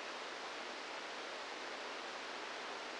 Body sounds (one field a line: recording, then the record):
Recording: brain microelectrode recording played as sound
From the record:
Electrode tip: inside the subthalamic nucleus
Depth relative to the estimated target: -1 mm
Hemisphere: left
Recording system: NeuroSet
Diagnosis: Parkinson's disease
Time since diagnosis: 10 years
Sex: male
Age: 63 years